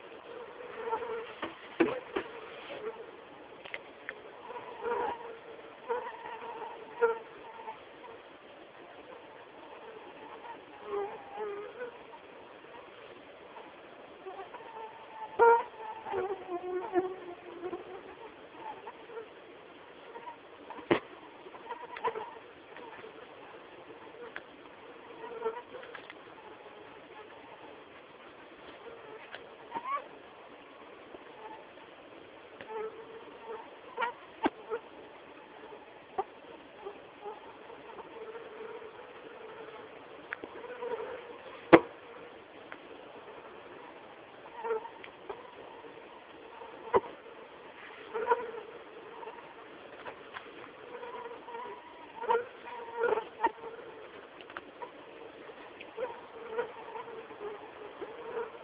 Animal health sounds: mosquito flight sound by mobile phone; Anopheles quadriannulatus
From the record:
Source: CDC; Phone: Samsung T209

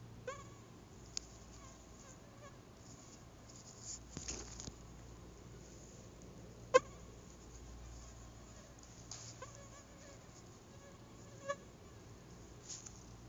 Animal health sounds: mosquito flight sound by mobile phone; Anopheles gambiae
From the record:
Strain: Kisumu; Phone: Google Nexus

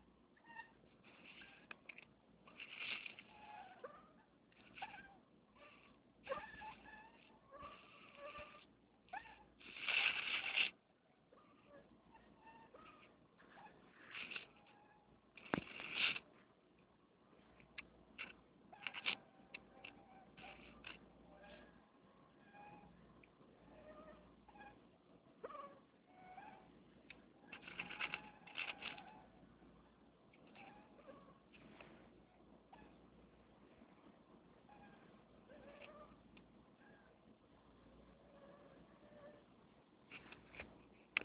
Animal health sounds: mosquito flight sound by mobile phone; Anopheles minimus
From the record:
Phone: Nokia 6555B

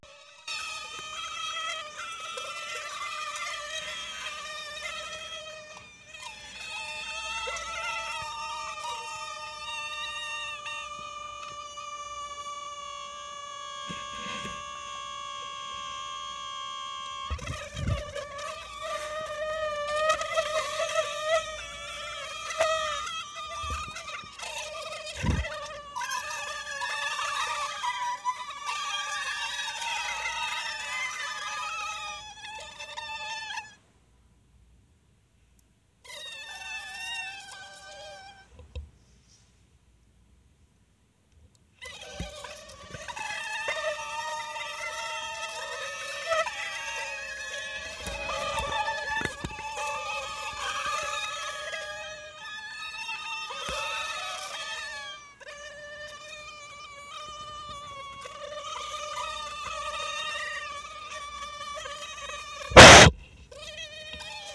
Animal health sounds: mosquito flight sound by mobile phone; Anopheles minimus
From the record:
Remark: in a tube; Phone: Sony Xperia

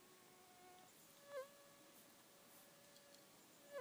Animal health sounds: mosquito flight sound by mobile phone; Aedes sierrensis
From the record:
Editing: cut to the mosquito's sound

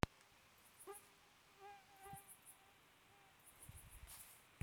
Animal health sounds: mosquito flight sound by mobile phone; Aedes sierrensis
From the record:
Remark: free flight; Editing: field recording with all noises

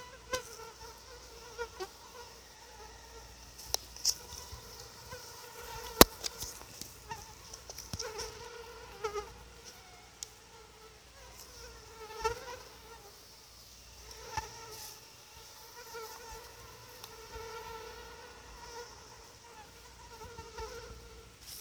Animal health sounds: mosquito flight sound by mobile phone; Anopheles quadriannulatus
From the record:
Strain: SANQUA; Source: CDC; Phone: Sony Xperia

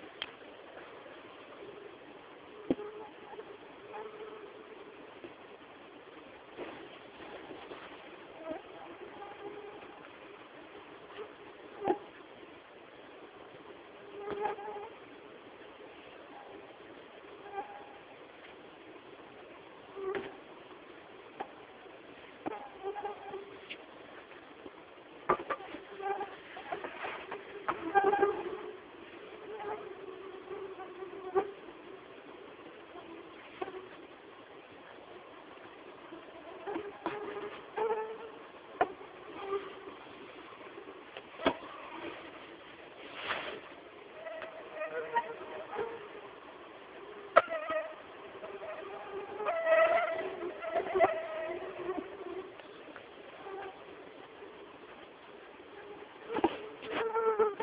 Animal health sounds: mosquito flight sound by mobile phone; Anopheles freeborni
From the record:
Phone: Samsung T209

